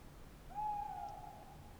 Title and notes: 314 Rte des Galets, Alles-sur-Dordogne, France - Chouette de Limeuil. Magnifique chouette hulotte en bord de Dordogne dans l'acoustique boisé de cette belle nuit étoilée!